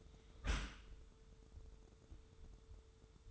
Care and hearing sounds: daily activity, microphone in the room; close dishwasher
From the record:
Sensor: 3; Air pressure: 1015.0 hPa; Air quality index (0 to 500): 29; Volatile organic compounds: 1 ppm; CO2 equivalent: 529 ppm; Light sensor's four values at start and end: 11/26/11/10 and 11/26/11/10

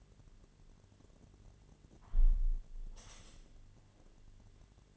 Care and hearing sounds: daily activity, microphone in the room; close window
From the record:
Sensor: 4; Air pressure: 1007.3 hPa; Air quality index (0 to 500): 201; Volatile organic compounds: 7 ppm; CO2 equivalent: 2000 ppm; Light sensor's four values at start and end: 23/74/28/27 and 23/73/28/27

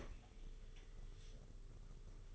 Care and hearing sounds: daily activity, microphone in the room; open fridge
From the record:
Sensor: 4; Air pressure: 991.8 hPa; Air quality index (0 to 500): 104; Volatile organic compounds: 14 ppm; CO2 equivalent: 2466 ppm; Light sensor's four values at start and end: 19/65/24/24 and 19/64/23/24

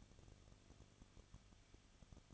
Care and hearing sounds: daily activity, microphone in the room; no activity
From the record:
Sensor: 4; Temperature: 23.1 degrees Celsius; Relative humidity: 34.3%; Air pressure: 1007.2 hPa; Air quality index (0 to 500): 216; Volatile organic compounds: 15 ppm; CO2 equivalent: 2500 ppm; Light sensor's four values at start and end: 2/3/1/1 and 2/3/1/1

